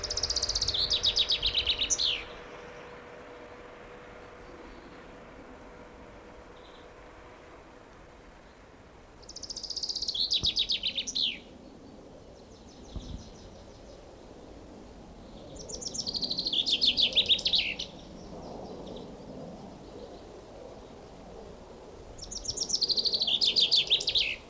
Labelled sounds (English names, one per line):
Common Chaffinch